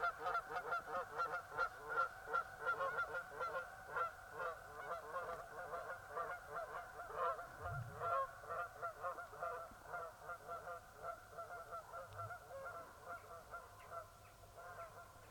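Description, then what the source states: Goose: geese giving many overlapping honks in a rapid chorus that gradually fades toward the end. Geese flying overhead in Sweden.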